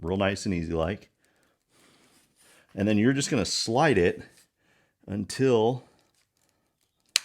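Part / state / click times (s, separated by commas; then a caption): heated throttle grip onto motorcycle handlebar throttle tube / seated / 7.2 s. Someone talks while a heated throttle grip assembly is slid back along the throttle tube of a Honda CTX700 DCT motorcycle handlebar, followed by faint handling noises. At 7.2 s a sharp, loud click is heard as the grip meets the small locating nipple and clicks into place, seated.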